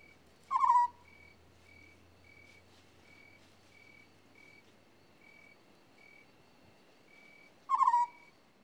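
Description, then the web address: African scops owl repeating its short, vibrating, purred note twice, seven seconds apart, against regular high pulses and a faint low hum early on. "BBC Sound Effects Library. African Scops Owl"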